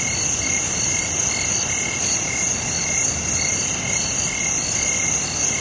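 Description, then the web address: Insects buzzing continuously, a piercing high tone layered with rhythmic pulsed trills slightly lower, against a steady hissing background. Insects in a tropical forest or jungle. "Tom Hutchings Insects Tropical"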